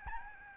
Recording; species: mosquito wingbeat signal from an infrared sensor; Aedes albopictus